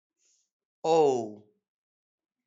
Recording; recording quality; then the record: sustained vowel as in boot; excellent, no background noise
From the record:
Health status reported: healthy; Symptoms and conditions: none ticked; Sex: male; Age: 33 years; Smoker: yes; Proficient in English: yes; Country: India